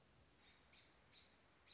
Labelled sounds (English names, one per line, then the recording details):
American Robin
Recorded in Sonoma County, California